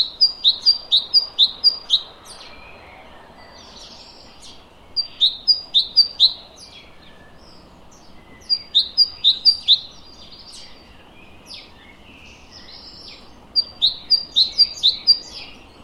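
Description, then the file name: Great tit song: four bursts of several quick high two-note phrases, spaced by pauses of several seconds, over steady background noise. "Parus major"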